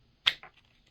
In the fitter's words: I believe this is the only color for now uh has a really good positive click